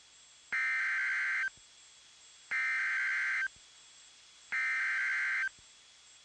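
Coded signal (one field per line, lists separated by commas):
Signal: Emergency Alert System (SAME) tones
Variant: header bursts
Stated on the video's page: Severe Thunderstorm Warning alert.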